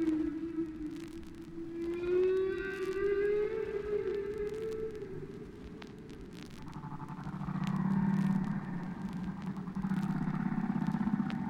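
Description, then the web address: Whale song: a long tone that slowly rises in pitch, then gives way to a lower, wavering moan against steady crackling background noise. "KU whales"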